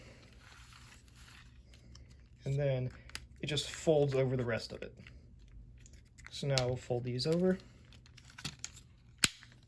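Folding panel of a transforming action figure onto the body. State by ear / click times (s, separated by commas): seated / 9.2 s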